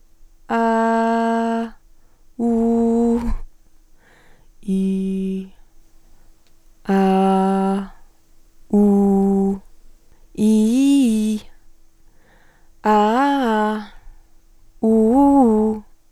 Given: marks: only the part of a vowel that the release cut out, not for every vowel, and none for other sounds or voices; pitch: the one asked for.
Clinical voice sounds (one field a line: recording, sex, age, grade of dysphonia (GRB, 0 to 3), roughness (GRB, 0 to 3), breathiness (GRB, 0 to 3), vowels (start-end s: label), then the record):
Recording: sustained vowels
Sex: female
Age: 20 to 29 years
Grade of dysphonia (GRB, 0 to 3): 1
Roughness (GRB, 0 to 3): 1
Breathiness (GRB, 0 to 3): 0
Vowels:
0.60-1.53 s: vowel /a/, high pitch
2.49-3.09 s: vowel /u/, high pitch
4.76-5.36 s: vowel /i/, low pitch
7.00-7.72 s: vowel /a/, low pitch
8.86-9.43 s: vowel /u/, low pitch
10.49-11.30 s: vowel /i/, low-high-low pitch
12.93-13.70 s: vowel /a/, low-high-low pitch
14.91-15.65 s: vowel /u/, low-high-low pitch
From the record:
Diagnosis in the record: healthy voice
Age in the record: 22 years